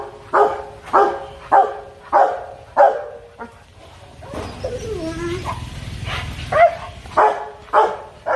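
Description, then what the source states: Dog barking in a regular series, then a few seconds of gliding, whiny tones and noise before the sharp barks return. Dog barking fiercely.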